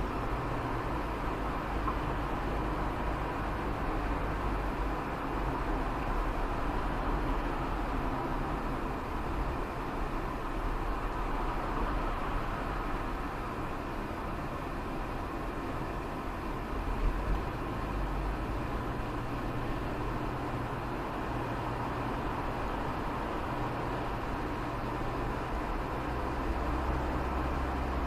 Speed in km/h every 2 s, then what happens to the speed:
52, 53, 52, 52, 43, 39, 38, 35, 36, 40, 44, 48, 51, 55.
0-6 steady at about 52. 6-15 slows to 35. 15-28 speeds up to 55.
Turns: none.